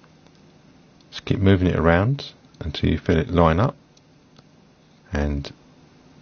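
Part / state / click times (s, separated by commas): antenna cable into the phone board connector / not seated / none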